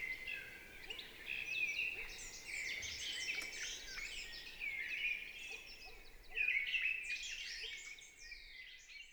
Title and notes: UNE DRAINE ENCHANTEE. 28 mars 2020-Val Maravel - nagra LB - stéréo - mkh40. la belle Grive draine (Turdus viscivorus) dans toute sa ferveur vocale